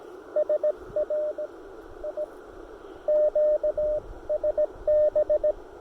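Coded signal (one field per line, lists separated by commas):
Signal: Morse code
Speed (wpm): 17 wpm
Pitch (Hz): 600 Hz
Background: none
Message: SRI QSB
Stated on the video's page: Park activation under poor band conditions; long, challenging activation.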